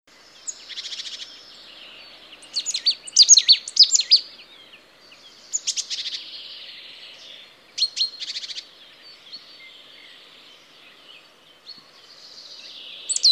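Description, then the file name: Marsh tit calls: buzzy bursts and clusters of sharp, high chipping notes that recur irregularly. "Poecile palustris"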